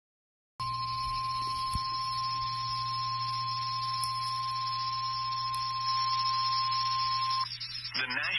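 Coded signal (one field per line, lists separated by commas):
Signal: Emergency Alert System (SAME) tones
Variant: 1050 Hz attention tone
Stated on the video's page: Two severe thunderstorm warnings on a NOAA Weather Radio stream.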